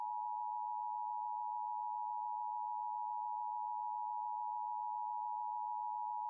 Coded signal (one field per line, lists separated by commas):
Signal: Emergency Alert System (SAME) tones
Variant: 853 and 960 Hz attention tone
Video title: September 5th, 2020: An EAS Scenario (Preview)